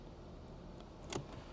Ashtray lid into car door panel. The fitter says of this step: an ashtray on each door. This one still has a nice click,